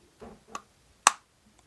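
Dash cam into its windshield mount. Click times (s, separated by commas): 1.1 s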